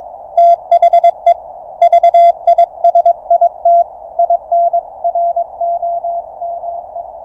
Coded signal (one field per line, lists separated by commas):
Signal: Morse code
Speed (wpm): 22 wpm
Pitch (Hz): 690 Hz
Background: none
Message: THE VISIT IN ROME